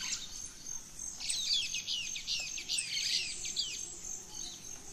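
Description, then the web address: Birds: dawn chorus with one bird repeating a rapid series of slurred whistled phrases, other faint chirps and a high insect drone behind. Dawn chorus of rainforest birds, Gran Sabana, Venezuela. "Birds in the Rainforest 03 Dawn Venezuela Gran Sabana"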